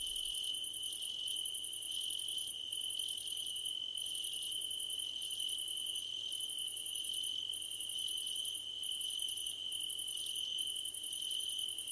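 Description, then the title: Crickets trilling steadily, overlaid with regular bursts of fast, high pulsed chirps separated by brief silences, continuing evenly throughout. Crickets calling at night under a starlit sky. "Nighttime Ambience with Crickets 🌃"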